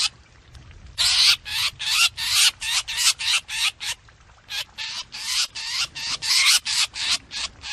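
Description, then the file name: Drongo distress calls: after a second of quiet, a run of harsh, rasping notes repeated quickly and evenly. Distress call (calling for help), used for luring. "Tieng cheo beo keu cuu"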